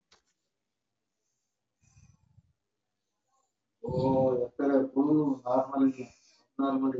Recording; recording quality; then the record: shallow breathing; moderate, slight background noise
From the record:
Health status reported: recovered from COVID-19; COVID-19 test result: positive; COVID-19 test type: RT-PCR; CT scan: not taken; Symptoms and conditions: cough, cold, fever, loss of smell and taste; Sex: female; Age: 36 years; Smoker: no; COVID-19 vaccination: both doses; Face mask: worn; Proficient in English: yes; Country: India